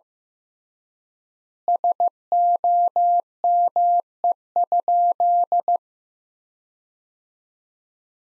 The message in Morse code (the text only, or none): SOME?